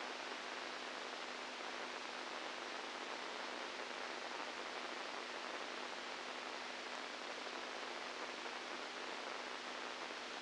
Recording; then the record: brain microelectrode recording played as sound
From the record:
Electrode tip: inside the subthalamic nucleus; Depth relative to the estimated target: -2 mm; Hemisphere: right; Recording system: NeuroSet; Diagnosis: Parkinson's disease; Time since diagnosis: 10 years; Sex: female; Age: 67 years